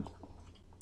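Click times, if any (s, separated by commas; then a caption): none. A RAM module is handled at a motherboard memory slot, giving only quiet, soft handling noises over a steady low hum. The stick has not been pressed home yet, so nothing has seated or clicked.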